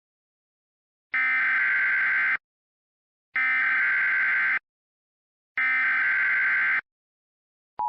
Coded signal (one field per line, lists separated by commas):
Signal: Emergency Alert System (SAME) tones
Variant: header bursts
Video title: EAS Mock - PDS Tornado Warning (2014)